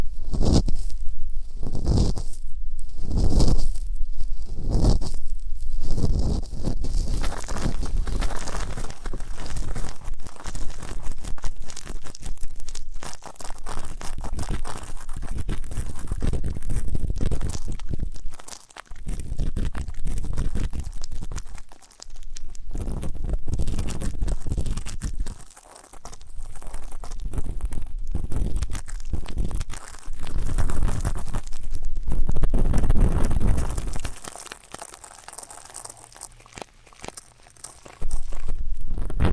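Ear canal cleaning sounds in ASMR style: dense, scratchy rubbing and crinkling that fills the whole range, with rhythmic pulses about once a second for the first six seconds. After that the scraping runs on steadily, broken by a few short pauses, then thins out and grows quieter near the end.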